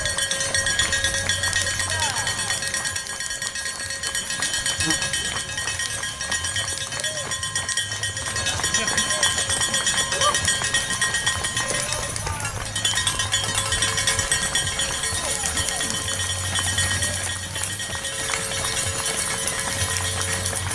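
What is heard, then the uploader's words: Cowbells ring almost nonstop along a race route, their bright metallic tones hanging over a dense, steady wash of cheering, chatter and passing runners. A low rumbling drone comes and goes every few seconds, and the loudness stays level throughout. Enthusiastic cowbells were just one of the motivating sounds that greeted runners in the 2018 Boilermaker Road Race.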